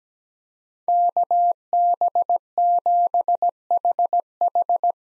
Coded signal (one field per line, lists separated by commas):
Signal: Morse code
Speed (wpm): 17 wpm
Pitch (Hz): 700 Hz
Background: none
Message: KB7HH